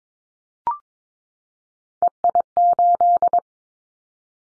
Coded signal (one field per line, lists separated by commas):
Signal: Morse code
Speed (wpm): 22 wpm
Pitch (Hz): 700 Hz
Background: none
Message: EI8